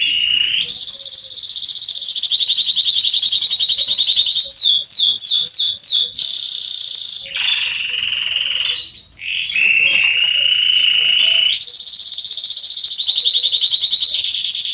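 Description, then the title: Canary song, sustained rolling trills alternating with a series of quick downward-sweeping whistled notes and a brief pause before the trilling resumes. Male Belgian canary singing a lot, used to warm up and train young canaries. "Canary Training Esquente Seu Filhote E Canario Belga Macho Cantando Muito CANTO DO CANRIO"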